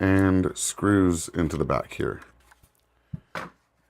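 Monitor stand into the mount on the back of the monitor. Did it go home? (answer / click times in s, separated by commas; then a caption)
yes / 3.4 s. Someone talks while fitting the V-shaped base and stand to the back and bottom of an ASUS curved monitor, the stand popping right into the mount and screwing into the back. After the talk fades, a few faint taps follow, then a loud, sharp hit at 3.4 s as the stand seats into the mount.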